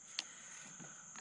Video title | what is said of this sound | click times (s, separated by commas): $550 YZ 426F Build | heard that click make | 0.2 s